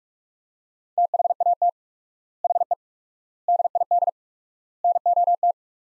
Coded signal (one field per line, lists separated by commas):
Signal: Morse code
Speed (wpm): 46 wpm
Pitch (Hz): 700 Hz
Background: none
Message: THAT HE DID NOT